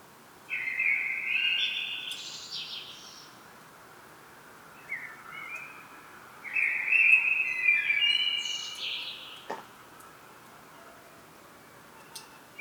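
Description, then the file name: Common blackbird singing mellow whistled phrases, each ending in squeaky high twitters, with pauses between them. "Turdus merula"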